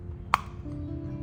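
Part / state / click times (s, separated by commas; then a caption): engine wiring harness connector onto sensor/actuator socket / seated / 0.3 s. While reassembling after a valve cover gasket job on a VVT Miata, a wiring harness connector is pushed back onto its plastic sensor/actuator socket. A single sharp click sounds at 0.3 s over a low background hum. The connector is seated and nothing broke.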